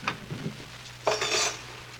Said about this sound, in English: Now, let's put all the silverware away.